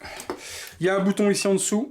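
A small plastic battery cover is clipped back onto a light-up figure accessory, giving one short click at 0.3 s. Someone then talks. The cover is clipped but not fully closed, so there is no contact and the light does not come on.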